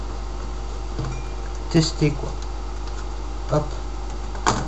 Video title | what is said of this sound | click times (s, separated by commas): MONTER UN PC DE A à Z. | clipse ça. Ça se clipse. Hop. | 4.5 s